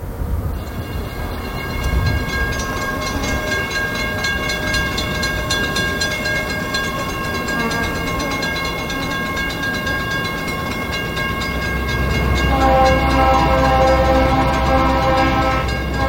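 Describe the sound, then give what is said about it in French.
A train rumbles past while its horn sounds a long, sustained, steady chord throughout, with the rolling rumble swelling louder toward the end. No one speaks. “Aujourd'hui, deuxième épisode, on laisse passer le train.”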